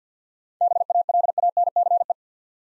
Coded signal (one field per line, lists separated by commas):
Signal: Morse code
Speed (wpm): 53 wpm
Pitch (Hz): 700 Hz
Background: none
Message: BALANCE